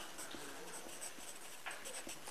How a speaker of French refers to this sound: On n'écrit pas au stylo sur les livres, juste au crayon papier.